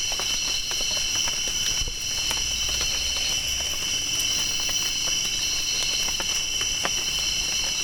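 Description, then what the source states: Crickets keep up a continuous high-pitched trilling hum in layered bands while irregular raindrops tick and patter. Crickets calling while raindrops fall.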